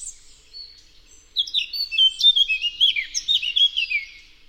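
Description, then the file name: Eurasian blackcap song, a quick run of bright warbled notes starting after a short pause and tumbling high and fast for about three seconds. "Sylvia atricapilla"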